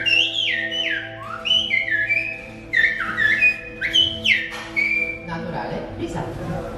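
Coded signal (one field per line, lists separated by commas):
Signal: whistled language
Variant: Silbo Gomero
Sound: loud gliding whistles rising and falling in short speech-like phrases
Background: low engine hum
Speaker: now we are all ready for demonstration of Silva Romero the whistled language of the island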